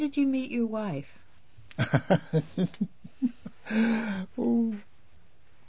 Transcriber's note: he laughs